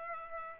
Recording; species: mosquito wingbeat signal from an infrared sensor; Culex pipiens